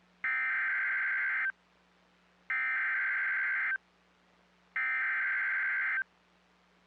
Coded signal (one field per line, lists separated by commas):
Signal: Emergency Alert System (SAME) tones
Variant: header bursts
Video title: NOAA Weather Radio - Severe Thunderstorm Warning [EAS #206] (6/22/22)